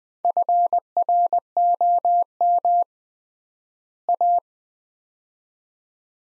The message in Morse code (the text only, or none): FROM A